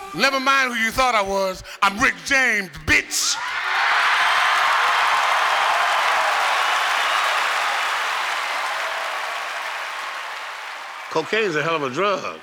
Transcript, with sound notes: "Never mind who you thought I was, I'm Rick James, bitch" [applause]
"Cocaine is a hell of a drug"